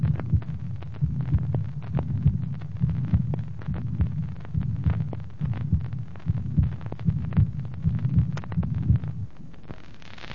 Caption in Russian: Во втором межреберии слева выслушивается типичный систолодиастолический шум. Второй тон акцентирован.